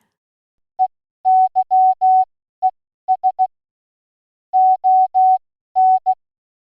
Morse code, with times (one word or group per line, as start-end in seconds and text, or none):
0.8-3.5 EYES
4.5-6.1 ON